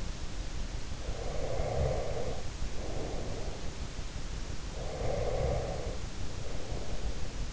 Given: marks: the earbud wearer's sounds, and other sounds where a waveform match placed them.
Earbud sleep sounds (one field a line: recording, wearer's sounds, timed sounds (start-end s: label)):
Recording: sounds in sleep by an in-ear microphone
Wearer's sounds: breath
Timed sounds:
0.75-3.99 s: breath
4.64-7.53 s: breath